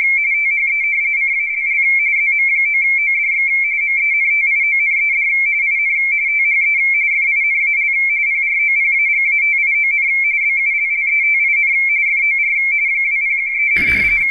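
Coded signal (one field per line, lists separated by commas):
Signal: RTTY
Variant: 170 Hz shift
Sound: continuous warbling two-tone teleprinter chatter around 2 kHz, rapid alternation, brief noise at end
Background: radio static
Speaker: I'm uh printing out a bulletin from w1aw propagation forecast bulletin I have to shut up so it'll so the computer can read this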